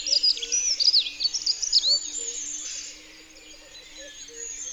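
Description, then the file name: Dunnock giving a quick, high, scratchy warble for about two seconds, then fading to quiet background with a faint steady hum. Recorded in Isère, France. "Accenteur-mouchet-Concerts-naturels-de-l Isere-Studio-Les-Trois-Becs"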